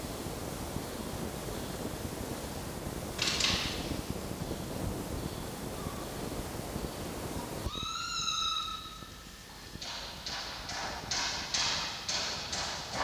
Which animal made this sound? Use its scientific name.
Vulpes vulpes